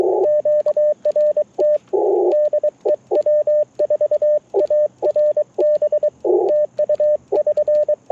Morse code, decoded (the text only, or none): QRT DE W4ARB TU <SN>